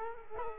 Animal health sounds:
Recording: mosquito wingbeat signal from an infrared sensor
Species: Culex quinquefasciatus

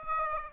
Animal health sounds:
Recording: mosquito wingbeat signal from an infrared sensor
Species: Aedes aegypti

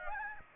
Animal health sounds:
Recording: mosquito wingbeat signal from an infrared sensor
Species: Aedes aegypti

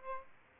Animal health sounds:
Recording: mosquito wingbeat signal from an infrared sensor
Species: Aedes aegypti

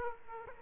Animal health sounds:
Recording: mosquito wingbeat signal from an infrared sensor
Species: Aedes aegypti

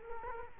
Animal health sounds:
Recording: mosquito wingbeat signal from an infrared sensor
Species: Culex quinquefasciatus

